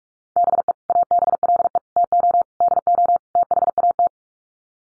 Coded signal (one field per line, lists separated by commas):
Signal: Morse code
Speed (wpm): 44 wpm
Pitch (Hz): 700 Hz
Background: none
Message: BE ABLE TO DO THAT